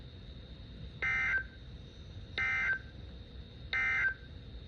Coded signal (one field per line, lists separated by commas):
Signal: Emergency Alert System (SAME) tones